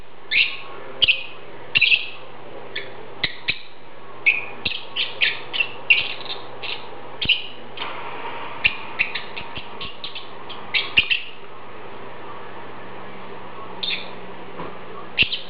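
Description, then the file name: Lovebird chirps, short sharp high calls in quick irregular bursts, sometimes clustered, with a steady low hum underneath. "Prostaya fauna Golosa ptic - Nerazluchniki lat Agapornis (Zvyki com)"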